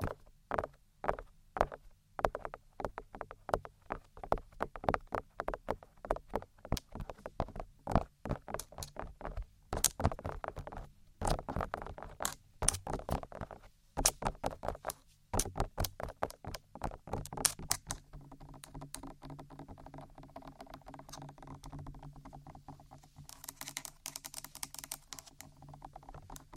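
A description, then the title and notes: Crisp tapping comes in quick, uneven bursts of sharp knocks for the first eighteen seconds or so. After that the taps turn softer and lighter, blurring into a quieter patter, with a brief bright hissy scratch near the end. Tapping.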